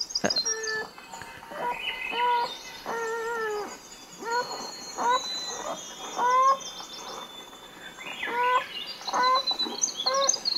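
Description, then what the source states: North American beaver kits whining: repeated short, nasal, wavering cries with stacked harmonics, while a thrush sings high in the background. Adult and kits vocalizing inside a lodge for a whole hour, recorded with a microphone dropped on top of the lodge; Swainson's thrush also present.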